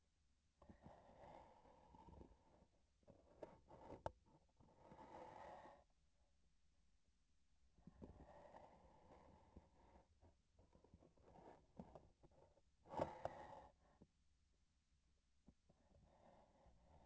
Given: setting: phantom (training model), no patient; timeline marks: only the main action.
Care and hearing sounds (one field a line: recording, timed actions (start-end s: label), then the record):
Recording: laparoscopic instrument, vibration sensor on the handle end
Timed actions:
2.98-4.20 s: palpation
10.51-12.67 s: palpation
From the record:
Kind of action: gesture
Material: synthetic tissue